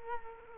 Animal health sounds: mosquito wingbeat signal from an infrared sensor; Culex quinquefasciatus

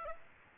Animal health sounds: mosquito wingbeat signal from an infrared sensor; Aedes aegypti

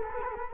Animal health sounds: mosquito wingbeat signal from an infrared sensor; Culex quinquefasciatus

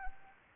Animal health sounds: mosquito wingbeat signal from an infrared sensor; Anopheles arabiensis

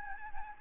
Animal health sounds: mosquito wingbeat signal from an infrared sensor; Aedes albopictus

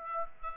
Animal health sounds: mosquito wingbeat signal from an infrared sensor; Aedes aegypti

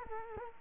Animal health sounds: mosquito wingbeat signal from an infrared sensor; Culex quinquefasciatus

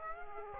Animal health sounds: mosquito wingbeat signal from an infrared sensor; Aedes aegypti

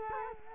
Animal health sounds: mosquito wingbeat signal from an infrared sensor; Culex quinquefasciatus

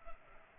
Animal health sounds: mosquito wingbeat signal from an infrared sensor; Culex pipiens

